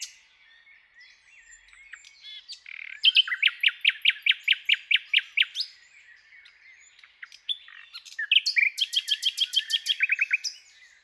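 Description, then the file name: Common nightingale song: quiet soft notes at first, then a loud run of rapid repeated strokes, a brief lull, and another powerful fast rattling trill. "Luscinia megarhynchos"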